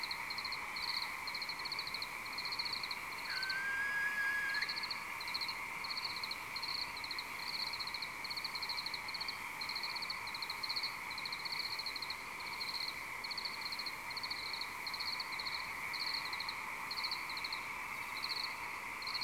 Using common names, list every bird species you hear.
Western Barn Owl